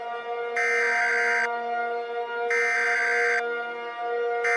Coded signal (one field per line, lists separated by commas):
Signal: Emergency Alert System (SAME) tones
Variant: header bursts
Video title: EAS Scenario #19 - The Wraith of Admin Romeo